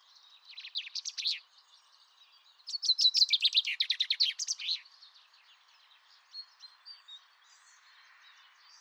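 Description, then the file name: Common chaffinch song: a short trill, then a longer rattling phrase that falls in pitch and ends with a flourish, plus faint chips afterward. "Fringilla coelebs"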